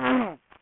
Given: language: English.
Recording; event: throat vibration sensor signal played as sound; throat clearing